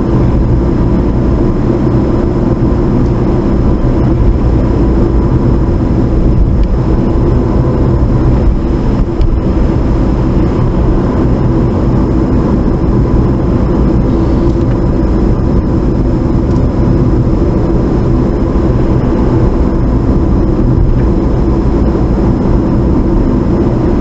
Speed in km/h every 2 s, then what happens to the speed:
47, 45, 44, 44, 42, 44, 44, 42, 42, 44, 45, 47.
0-16 steady at about 44.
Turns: none.